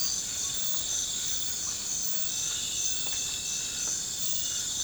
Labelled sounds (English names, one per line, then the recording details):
none
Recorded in pastures near Puerto Asís, Putumayo, Colombia, on 20 December 2024 at 03:30
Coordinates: 0.466, -76.322
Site G040